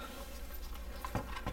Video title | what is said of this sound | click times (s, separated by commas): Olight M2R PRO Warrior - NEW RELEASE, SALE, & BUNDLE - Unboxing & Review | just kind of snaps into place and then | 1.0 s, 1.2 s